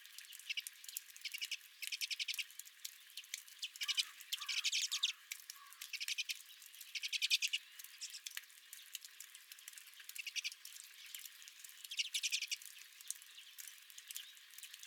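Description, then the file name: Redpolls giving rapid, dry chattering trills in repeated bursts of about a second. Several redpolls at the recordist's own feeder. "Redpolls at My Feeder"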